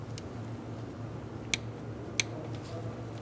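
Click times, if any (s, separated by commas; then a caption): 2.2 s. A torque wrench tightens the camshaft position sensor bolt on a 2012-2017 Hyundai Accent 1.6L L4, snugged and then torqued to 80 inch-pounds. Over a steady low hum there is a faint tick at 0.2 s, then two sharp clicks at 1.5 s and 2.2 s. The last click at 2.2 s is the wrench clicking at its setting, and the bolt is confirmed torqued.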